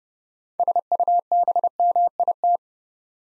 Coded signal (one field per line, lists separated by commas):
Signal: Morse code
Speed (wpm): 30 wpm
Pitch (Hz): 700 Hz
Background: none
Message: SUBMIT